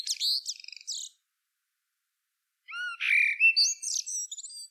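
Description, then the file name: Common blackbird: a short burst of high chattering notes, a pause, then a fluted whistled phrase ending in thin squeaky twitters. "Turdus merula"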